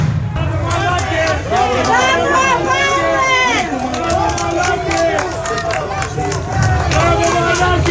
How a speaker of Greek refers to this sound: Περνούν οι αστυνομικοί και χειροκροτάει ο κόσμος.